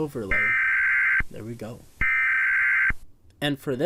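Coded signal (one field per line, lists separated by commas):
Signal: Emergency Alert System (SAME) tones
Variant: header bursts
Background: speech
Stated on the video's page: Analog-horror emergency broadcast made in Sony Vegas with text-to-speech, a fictional creation.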